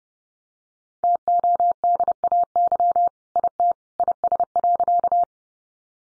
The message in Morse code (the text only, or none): TODAY IT IS.